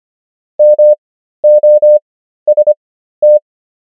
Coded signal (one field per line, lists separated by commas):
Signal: Morse code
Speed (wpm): 25 wpm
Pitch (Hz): 600 Hz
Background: none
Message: MOST